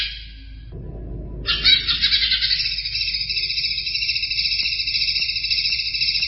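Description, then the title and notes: Greater green leafbird song: a brief phrase, a pause, then a continuous rapid warbling trill with layered whistled tones running to the end. Described as a champion songbird; chirping song. "Kicau Burung Cucak Ijo Juara. Suara kicauan burung cucak ijo"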